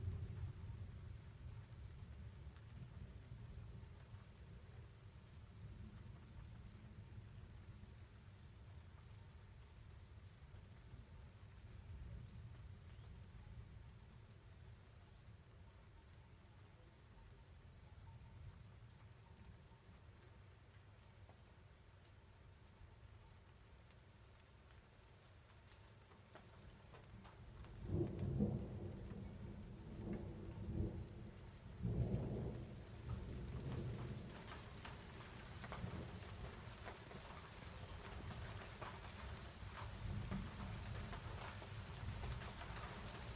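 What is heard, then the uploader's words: A mountain storm heard from a home's window: a low steady rumble of rain, then near 28 seconds bursts of thunder and harder, brighter rain. As the rainstorm approaches, the rain and thunder then intensify. Storm in the mountains. In the French Alps, close to Cruseilles, the recording was captured from a window of a home.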